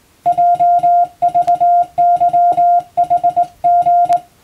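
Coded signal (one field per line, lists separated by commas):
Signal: Morse code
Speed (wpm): 20 wpm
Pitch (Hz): 700 Hz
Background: music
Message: JVYHG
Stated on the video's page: Morse practice scene for a radio operator practical exam, recorded by a first-class radiotelegraph operator.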